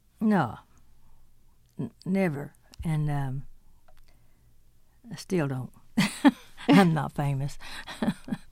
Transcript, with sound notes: No. Never. And. I still don't (laughter). I'm not famous.